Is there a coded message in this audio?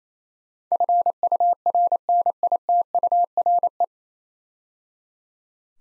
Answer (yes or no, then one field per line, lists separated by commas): yes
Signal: Morse code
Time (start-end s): 0.7-3.8 s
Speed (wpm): 28 wpm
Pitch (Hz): 700 Hz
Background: none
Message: FURNITURE